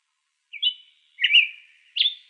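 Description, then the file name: Hepatic tanager giving three slurred whistled notes, the middle one longer and burry. Recorded in Arizona on 1 February 2006. "HETA 2 deviche"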